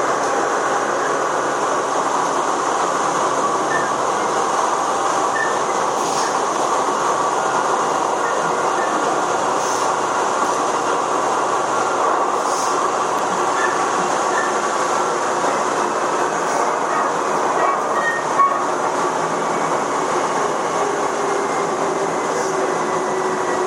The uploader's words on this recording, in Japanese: 秩父鉄道7500系 羽生ー熊谷。秩父鉄道本線 羽生→熊谷の区間で録音。